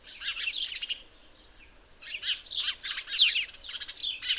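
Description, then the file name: House sparrow chirps in two bursts, a short cluster of quick chirps, a pause, then louder, busier chirping. "Passer domesticus"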